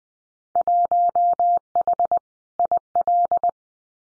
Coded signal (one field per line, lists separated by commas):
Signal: Morse code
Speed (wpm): 20 wpm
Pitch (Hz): 700 Hz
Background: none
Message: 1H IL